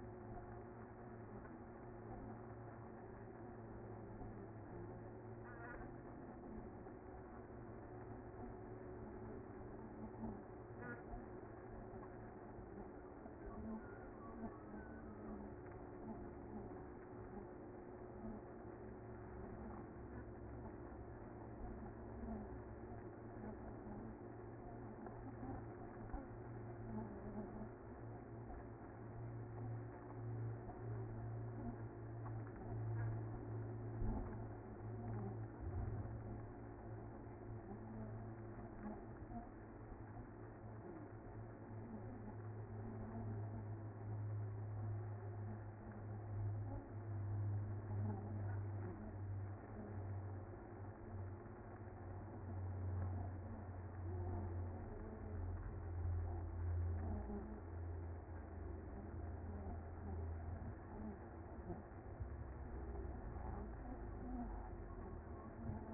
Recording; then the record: honeybee colony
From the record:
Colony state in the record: active